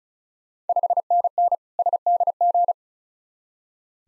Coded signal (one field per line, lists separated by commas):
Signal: Morse code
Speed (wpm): 36 wpm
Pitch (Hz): 700 Hz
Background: none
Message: 5NN SDG